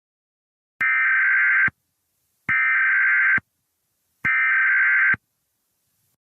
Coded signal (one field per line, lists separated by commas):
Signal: Emergency Alert System (SAME) tones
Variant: header bursts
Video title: EAS Scenario #34 Skinwalker!!